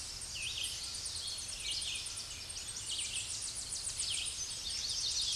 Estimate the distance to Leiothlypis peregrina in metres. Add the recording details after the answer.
about 35 m. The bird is about 5 m above the microphone. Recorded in a Pennsylvania forest on 16 May 2024 at 08:09. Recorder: AudioMoth, point MSD-2110. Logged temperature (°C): 16.4 °C. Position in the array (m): 67 m, 174 m